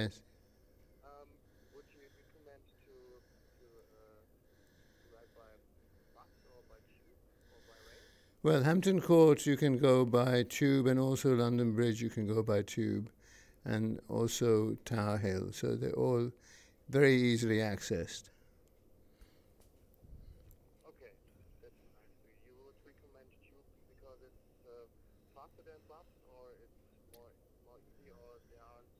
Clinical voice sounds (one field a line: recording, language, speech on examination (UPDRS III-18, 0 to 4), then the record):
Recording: conversation on a phone call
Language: English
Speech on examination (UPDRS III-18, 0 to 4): 1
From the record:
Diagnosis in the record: Parkinson's disease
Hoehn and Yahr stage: 3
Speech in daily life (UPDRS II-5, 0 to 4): 1